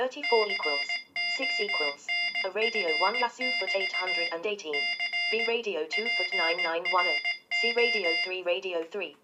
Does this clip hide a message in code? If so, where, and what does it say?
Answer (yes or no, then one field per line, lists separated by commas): yes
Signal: Morse code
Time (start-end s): 0.2-8.3 s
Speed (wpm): 18 wpm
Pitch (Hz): 2100 Hz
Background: speech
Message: CONF<BT> C PRO